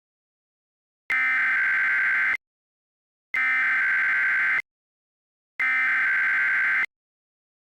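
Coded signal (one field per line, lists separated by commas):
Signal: Emergency Alert System (SAME) tones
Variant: header bursts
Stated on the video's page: Mock EAS alert imitating an EASyPLUS encoder.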